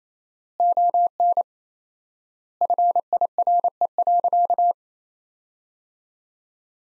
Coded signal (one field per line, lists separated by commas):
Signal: Morse code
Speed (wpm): 27 wpm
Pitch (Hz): 700 Hz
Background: none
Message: ON FIRE.